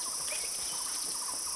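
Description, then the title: Bird song of quick repeated twittering notes in a run, over a constant shrill insect buzz. "burung online"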